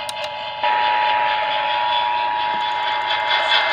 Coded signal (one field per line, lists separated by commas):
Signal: Emergency Alert System (SAME) tones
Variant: 853 and 960 Hz attention tone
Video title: A FLOOD ALERT FOR SE TX EAS Alerts from 1/29/23 (EAS #116 #120)